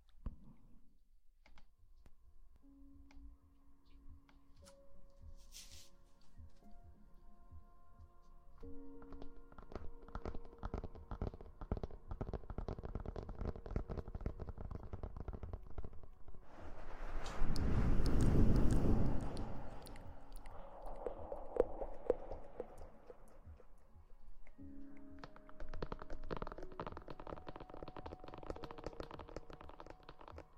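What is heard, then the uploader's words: Mouth sounds: wet clicks and taps, with soft hummed tones rising and falling between them. Around the middle comes a loud, low, breathy blow lasting a couple of seconds, followed by quieter rushing air before the clicking and humming return. ASMR Mouth sounds & Ear blowing.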